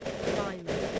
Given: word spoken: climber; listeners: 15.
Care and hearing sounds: one English word in noise, from a listening test; noise modulated by three-talker babble; -8.0 dB; 0 of 15; 6 of 15; 0.59 s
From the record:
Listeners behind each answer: 6, 2, 1, 1, 1, 1, 1, 1, 1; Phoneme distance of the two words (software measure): 24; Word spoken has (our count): 2 syllables, 5 phonemes, stress on syllable 1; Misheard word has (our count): 1 syllable, 3 phonemes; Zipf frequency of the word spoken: 3.38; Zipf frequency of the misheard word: 6.35

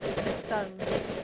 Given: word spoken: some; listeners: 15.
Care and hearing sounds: one English word in noise, from a listening test; noise modulated by three-talker babble; -4.3 dB; 0 of 15; 6 of 15; 0.84 s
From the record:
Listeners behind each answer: 6, 5, 1, 1, 1, 1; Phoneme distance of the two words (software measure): 10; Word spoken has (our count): 1 syllable, 3 phonemes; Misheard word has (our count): 1 syllable, 3 phonemes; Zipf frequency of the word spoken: 6.27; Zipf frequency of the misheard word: 3.91

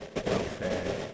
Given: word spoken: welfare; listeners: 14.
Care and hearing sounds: one English word in noise, from a listening test; noise modulated by three-talker babble; -4.7 dB; 1 of 14; 7 of 14; 0.74 s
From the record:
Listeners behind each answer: 7, 2, 2, 1, 1, 1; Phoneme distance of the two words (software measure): 27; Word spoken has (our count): 2 syllables, 6 phonemes, stress on syllable 1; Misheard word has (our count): 2 syllables, 5 phonemes, stress on syllable 2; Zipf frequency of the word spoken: 4.49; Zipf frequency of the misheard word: 4.27

